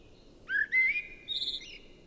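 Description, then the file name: Common blackbird song phrase: a fluted, rising whistle followed by a short, higher twittering flourish, over a low steady background hum. "Turdus merula"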